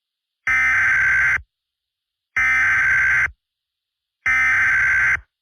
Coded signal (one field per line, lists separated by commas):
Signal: Emergency Alert System (SAME) tones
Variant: header bursts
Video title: EAS MOCK For Tornado Warning Jackson CA Usa